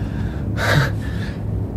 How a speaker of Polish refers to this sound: Ureguluj oddech. Zużywasz zbyt dużo tlenu.